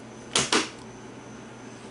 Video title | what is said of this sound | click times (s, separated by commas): Kirby G5 breakdown ( works for G2, G3, G4, G6, Ultimate G, Sentria 1&2, Avalir 1&2 as well ) | snaps in place and then you put the screw back in there the t20 | 0.4 s, 0.5 s